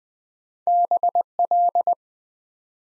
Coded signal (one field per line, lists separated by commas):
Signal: Morse code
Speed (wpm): 20 wpm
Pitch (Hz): 700 Hz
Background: none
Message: BL